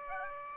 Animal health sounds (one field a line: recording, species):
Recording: mosquito wingbeat signal from an infrared sensor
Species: Aedes aegypti